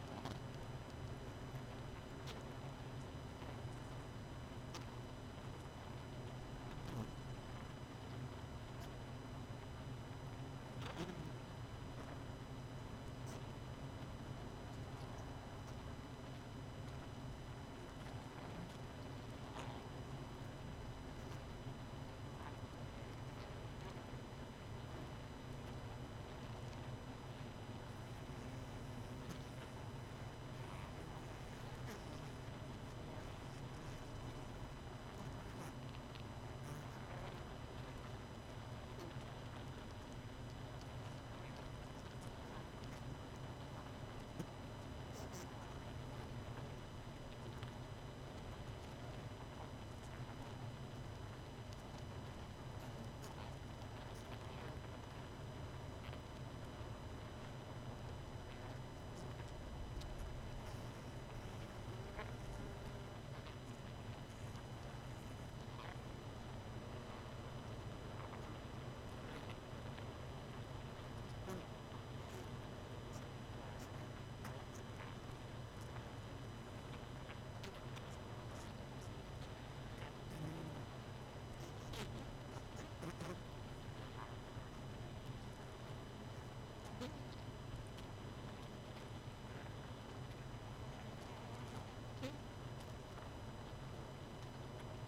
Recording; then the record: honeybee colony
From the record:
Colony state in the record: missing queen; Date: 31 May 2018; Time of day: 23:48